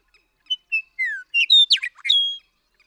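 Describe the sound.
Western meadowlark song opening with separate fluty whistles, one sliding down, before a rapid gurgling flourish and a level closing whistle.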